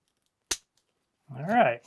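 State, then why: Seated. A one-piece plastic part is slid onto a game controller and pressed until it snaps into place, giving a single sharp click at 0.5 s, followed by a faint tick at 0.8 s. The piece is seated, and someone then talks briefly.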